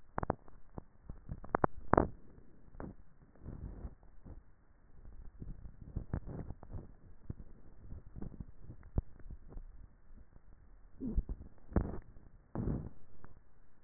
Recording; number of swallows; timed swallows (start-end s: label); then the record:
swallowing sounds by neck microphone; 3
1.05-1.88 s: swallow
5.45-6.18 s: swallow
11.12-11.82 s: swallow
From the record:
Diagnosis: dysphagia